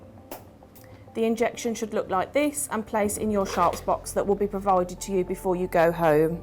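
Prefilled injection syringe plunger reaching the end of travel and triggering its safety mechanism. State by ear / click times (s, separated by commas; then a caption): seated / 0.3 s. A prefilled blood-thinning injection syringe, its needle placed fully into pinched stomach skin, has its plunger pushed to the end of travel, triggering the safety mechanism with a click at 0.3 s. A few quieter ticks follow before someone talks over faint background music. The plunger is fully pushed and the injection has seated.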